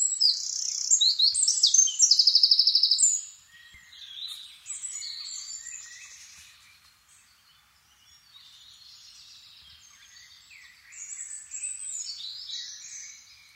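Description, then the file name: Eurasian wren singing a loud, fast, high-pitched song of rattling trills for three seconds, followed by quieter, softer phrases of the same shrill twittering. "Troglodytes troglodytes"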